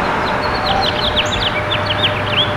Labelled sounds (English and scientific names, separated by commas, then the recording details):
House Finch (Haemorhous mexicanus) song
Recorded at Babylon on Long Island, New York, on 18 May 2013
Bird D